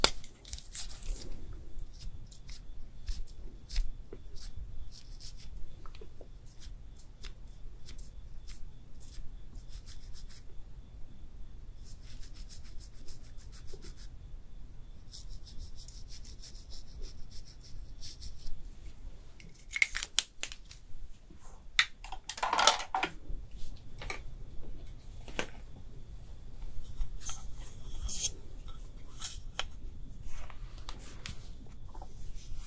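Makeup being applied with no talking: soft brushing, tapping and rubbing sounds come in dense, irregular strokes throughout, over a steady low hum. Around twenty to twenty-three seconds there is a louder burst of scratchy, crinkly handling before the gentle brushing resumes.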